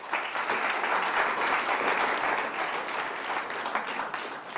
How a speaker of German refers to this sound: Bitte jetzt abstimmen mit lautstarkem Applaus